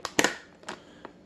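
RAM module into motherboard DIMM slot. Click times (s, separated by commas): 0.1 s, 0.2 s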